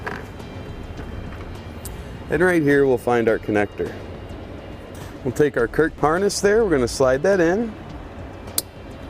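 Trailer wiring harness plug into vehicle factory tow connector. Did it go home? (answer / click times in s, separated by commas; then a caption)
yes / 8.6 s. A Curt T-connector trailer wiring harness plug is slid into the factory tow-package connector in the rear cargo area of a 2013 Toyota Highlander while someone talks. A single sharp plastic click is heard at 8.6 s as the connector seats, and a tug confirms it does not separate.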